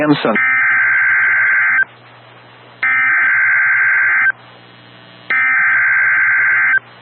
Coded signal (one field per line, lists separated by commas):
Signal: Emergency Alert System (SAME) tones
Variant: header bursts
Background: speech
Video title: PDS Severe Thunderstorm Watch for South Dakota EAS #77 7/25/26